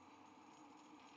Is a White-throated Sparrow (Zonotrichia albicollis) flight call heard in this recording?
no